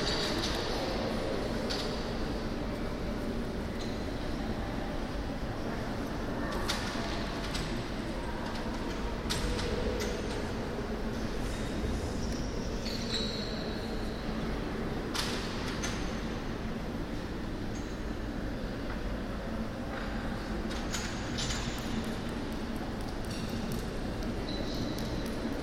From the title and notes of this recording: Central Hall, Palais Des Beaux - Arts, Lille. The deafening reverb of the main hall in the Museum of Fine Arts in Lille, France. The main source of this noise in this recording is the museum restaurant, located in the hall.